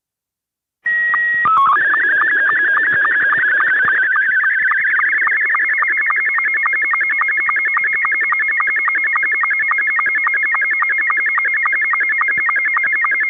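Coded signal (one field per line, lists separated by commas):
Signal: SSTV (slow-scan television)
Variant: Scottie 2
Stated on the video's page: Slow Scan TV net on 145.390, live stream.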